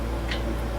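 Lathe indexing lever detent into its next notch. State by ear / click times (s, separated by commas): not seated / none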